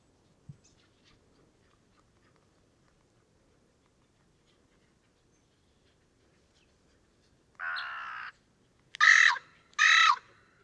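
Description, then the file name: Carrion crow cawing, three harsh, grating calls close together near the end after a long quiet stretch with faint background ticks. "Corvus corone"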